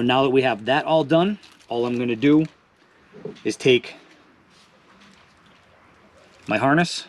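Someone talks while handling a wiring harness plug about to be pushed into the socket of a Lowrance SonicHub 2 marine audio module, with faint handling rustles in the quieter middle stretch. Nothing has seated or clicked yet; the clip ends just before the plug goes home.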